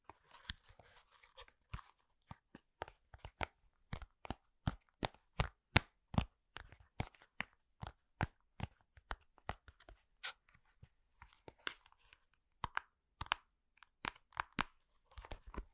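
Sharp crunching clicks snap out in quick, fairly regular bursts, with brief crinkling and tearing between them and near silence in the gaps.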